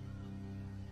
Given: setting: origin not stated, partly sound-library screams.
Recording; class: one-second piece from a danger detection set; normal situation